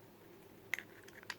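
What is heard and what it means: With the slide held back, the takedown lever in the frame of a Sig P365 pistol is rotated 90 degrees until it locks into place with a sharp metallic click at 0.7 s. A softer tick follows at 0.8 s, then faint clicks around 1.1 and 1.2 s and a firmer click at 1.3 s over a low background hum. The lever is confirmed seated.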